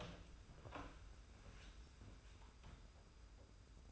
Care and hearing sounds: daily activity, microphone in the room; open door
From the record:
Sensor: 2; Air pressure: 991.5 hPa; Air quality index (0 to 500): 153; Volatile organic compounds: 515 ppm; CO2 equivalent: 4838 ppm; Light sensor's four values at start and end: 33/97/38/36 and 33/97/38/36

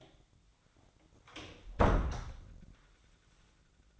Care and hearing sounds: daily activity, microphone in the room; close door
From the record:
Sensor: 3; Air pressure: 1009.2 hPa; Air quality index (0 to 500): 191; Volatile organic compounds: 4 ppm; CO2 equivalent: 1538 ppm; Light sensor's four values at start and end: 50/130/56/57 and 49/129/56/57

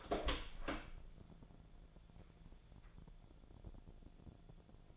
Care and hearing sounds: daily activity, microphone in the room; open door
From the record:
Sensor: 5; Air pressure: 1000.5 hPa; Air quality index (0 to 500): 159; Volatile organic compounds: 2 ppm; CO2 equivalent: 1220 ppm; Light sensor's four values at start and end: 48/112/47/50 and 48/111/46/49

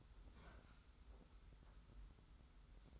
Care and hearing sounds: daily activity, microphone in the room; open fridge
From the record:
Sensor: 3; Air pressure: 991.0 hPa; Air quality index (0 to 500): 118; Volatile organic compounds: 85 ppm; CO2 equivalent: 3644 ppm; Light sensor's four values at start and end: 35/84/34/32 and 35/84/34/32

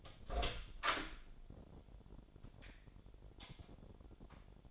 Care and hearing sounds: daily activity, microphone in the room; open door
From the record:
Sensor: 5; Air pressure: 1007.4 hPa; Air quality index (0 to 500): 164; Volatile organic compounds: 4 ppm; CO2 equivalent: 1575 ppm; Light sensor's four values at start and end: 57/162/63/63 and 57/160/62/62

